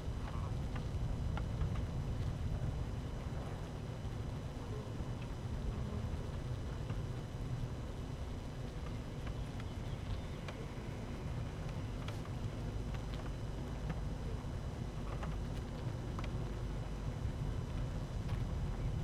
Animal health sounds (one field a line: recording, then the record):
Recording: honeybee colony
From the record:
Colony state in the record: active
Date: 12 June 2018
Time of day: 12:45